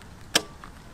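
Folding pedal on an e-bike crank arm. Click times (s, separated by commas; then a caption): 0.4 s. A folding pedal on an e-bike crank arm is pulled up into its riding position, where it locks with a single sharp, loud snap at 0.4 s. A much fainter tick follows at 0.6 s, and the pedal is seated in place.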